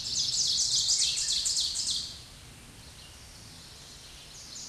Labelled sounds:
Ovenbird (Seiurus aurocapilla) song
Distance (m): 15 m
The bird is about 5 m above the microphone
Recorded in a Pennsylvania forest on 16 May 2024 at 06:53
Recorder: AudioMoth, point MSD-0475
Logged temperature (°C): 12.3 °C
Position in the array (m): 137 m, 8 m

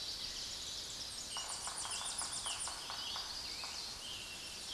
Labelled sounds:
Tennessee Warbler (Leiothlypis peregrina) song
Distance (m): 35 m
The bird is about 15 m above the microphone
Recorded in a Pennsylvania forest on 16 May 2024 at 06:13
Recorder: AudioMoth, point MSD-1534
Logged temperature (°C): 15.6 °C
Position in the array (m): 35 m, 55 m

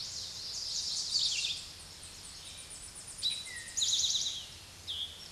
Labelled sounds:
Eastern Towhee (Pipilo erythrophthalmus) song
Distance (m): 15 m
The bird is about 5 m above the microphone
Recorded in a Pennsylvania forest on 16 May 2024 at 06:31
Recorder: AudioMoth, point MSD-0788
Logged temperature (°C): 16.6 °C
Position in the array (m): 93 m, 13 m

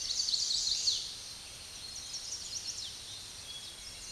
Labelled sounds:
Chestnut-sided Warbler (Setophaga pensylvanica) song
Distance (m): 55 m
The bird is about 5 m above the microphone
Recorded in a Pennsylvania forest on 16 May 2024 at 06:29
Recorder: AudioMoth, point MSD-2494
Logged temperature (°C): 15.6 °C
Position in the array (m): 167 m, 220 m

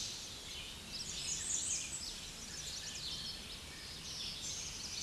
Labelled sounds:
American Redstart (Setophaga ruticilla) song
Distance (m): 45 m
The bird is about 15 m above the microphone
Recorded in a Pennsylvania forest on 16 May 2024 at 06:23
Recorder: AudioMoth, point MSD-1411
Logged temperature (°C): 16.1 °C
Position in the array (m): 35 m, 220 m

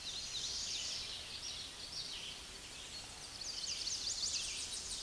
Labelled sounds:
Chestnut-sided Warbler (Setophaga pensylvanica) song
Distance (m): 35 m
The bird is about 5 m above the microphone
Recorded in a Pennsylvania forest on 16 May 2024 at 09:29
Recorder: AudioMoth, point MSD-2040
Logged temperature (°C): 15.3 °C
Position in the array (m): 69 m, 182 m

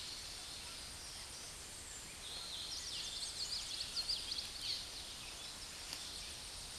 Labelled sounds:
Common Yellowthroat (Geothlypis trichas) song
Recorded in a Pennsylvania forest on 16 May 2024 at 09:56
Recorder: AudioMoth, point MSD-2155
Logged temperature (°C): 15.6 °C
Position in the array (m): 90 m, 94 m

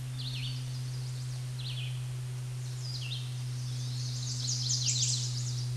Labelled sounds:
Red-eyed Vireo (Vireo olivaceus) song
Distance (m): 30 m
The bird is about 5 m above the microphone
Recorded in a Pennsylvania forest on 16 May 2024 at 07:56
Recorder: AudioMoth, point MSD-0475
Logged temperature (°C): 12.3 °C
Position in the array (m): 149 m, 27 m

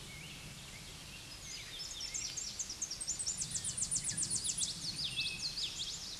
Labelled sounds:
Tennessee Warbler (Leiothlypis peregrina) song
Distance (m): 15 m
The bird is about 5 m above the microphone
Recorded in a Pennsylvania forest on 16 May 2024 at 07:04
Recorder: AudioMoth, point MSD-2039
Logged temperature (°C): 15.0 °C
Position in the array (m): 73 m, 104 m

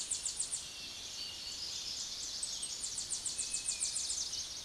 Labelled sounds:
Tennessee Warbler (Leiothlypis peregrina) song
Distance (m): 10 m
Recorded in a Pennsylvania forest on 16 May 2024 at 06:00
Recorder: AudioMoth, point MSD-2306
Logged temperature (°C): 15.6 °C
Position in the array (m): 53 m, 59 m

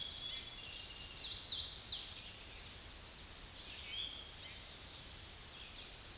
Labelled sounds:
Hooded Warbler (Setophaga citrina) song
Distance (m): 50 m
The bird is about 15 m above the microphone
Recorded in a Pennsylvania forest on 16 May 2024 at 07:09
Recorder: AudioMoth, point MSD-2456
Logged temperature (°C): 16.4 °C
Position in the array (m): 149 m, 116 m

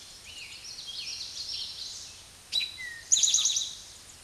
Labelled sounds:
Eastern Towhee (Pipilo erythrophthalmus) song
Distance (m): 5 m
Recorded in a Pennsylvania forest on 16 May 2024 at 06:13
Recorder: AudioMoth, point MSD-0627
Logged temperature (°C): 14.8 °C
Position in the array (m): 110 m, 6 m

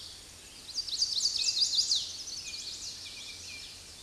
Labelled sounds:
Chestnut-sided Warbler (Setophaga pensylvanica) song
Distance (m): 15 m
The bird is about 10 m above the microphone
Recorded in a Pennsylvania forest on 16 May 2024 at 06:40
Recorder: AudioMoth, point MSD-2257
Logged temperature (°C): 16.0 °C
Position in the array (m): 177 m, 181 m

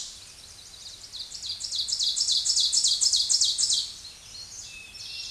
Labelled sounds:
Ovenbird (Seiurus aurocapilla) song
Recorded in a Pennsylvania forest on 16 May 2024 at 07:49
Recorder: AudioMoth, point MSD-0627
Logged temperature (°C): 14.8 °C
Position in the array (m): 108 m, -5 m

